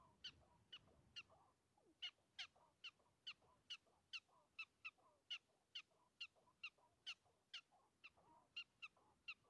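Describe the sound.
Prairie dog chirps, crisp high notes at about two a second, over faint background hiss.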